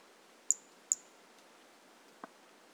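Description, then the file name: Brachycephalus mirissimus calling with two quick, shrill notes under half a second apart, followed later by a single dull tap, over faint hiss. Individual 03 recorded on 18 January 2018, not collected; the first two notes of the call are missing. "Brachycephalus mirissimus 18 jan 2018 individual 03 two initial notes missing"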